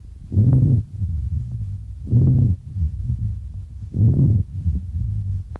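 Low-pitched wheezes (rhonchi) heard through a stethoscope over an adult chest, with a rumbling low-frequency sound recurring about every two seconds, louder in phases.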